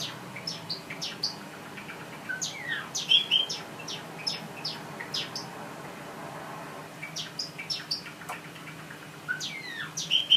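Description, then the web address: Java sparrow song: a steady stream of sharp clicks and bright chirps with occasional bell-like notes, running throughout with brief pauses. "pesnya risovoi amadiny. padda oryzivora"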